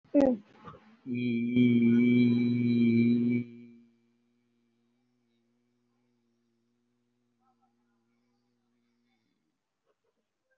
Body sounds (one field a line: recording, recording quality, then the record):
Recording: sustained vowel as in beet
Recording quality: excellent, no background noise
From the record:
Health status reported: COVID-19 positive, mild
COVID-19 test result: positive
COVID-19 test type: RT-PCR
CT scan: taken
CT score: 0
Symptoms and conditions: cough, cold, sore throat, fever, fatigue, muscle pain, diarrhoea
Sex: male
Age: 47 years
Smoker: no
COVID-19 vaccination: one dose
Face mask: worn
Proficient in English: yes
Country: India